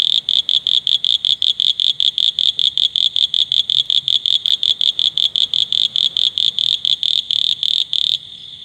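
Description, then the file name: Malabar hills toad giving a fast run of high, evenly pulsed notes, ending in a brief steady tone near the close. "Duttaphrynus scaber"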